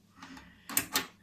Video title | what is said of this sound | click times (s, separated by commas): AEG 7000 Series Lavamat - Preview/Overview | down here, with a nice little click, we got the compartment for emptying out | 0.8 s